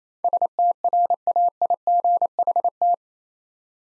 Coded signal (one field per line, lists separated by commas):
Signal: Morse code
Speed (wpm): 28 wpm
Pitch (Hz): 700 Hz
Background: none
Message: STRAIGHT